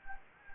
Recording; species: mosquito wingbeat signal from an infrared sensor; Anopheles gambiae